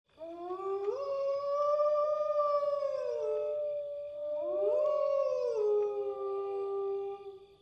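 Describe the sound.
A man quietly howls like a wolf as a call sign, two long drawn-out howls that each swoop up, hold a steady wavering tone, then slide down, rich with overtones. No talking.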